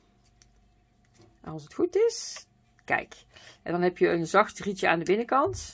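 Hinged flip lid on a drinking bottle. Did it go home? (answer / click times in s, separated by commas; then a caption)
released / 0.4 s. A hinged flip lid on a plastic drinking bottle springs open with a sharp click at 0.4 s, revealing a soft inner straw. After the click, someone talks.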